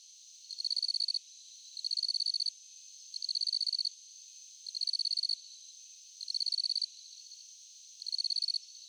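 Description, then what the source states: High-pitched cricket chirps in regular pulsed bursts, about six in nine seconds, over a steady background hum. Crickets at night.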